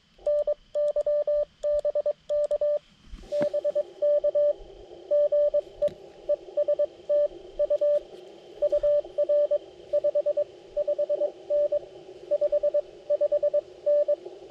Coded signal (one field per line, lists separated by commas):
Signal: Morse code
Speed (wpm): 22 wpm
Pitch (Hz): 590 Hz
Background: radio noise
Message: NY BK BK GE ES TU UR 55N 55N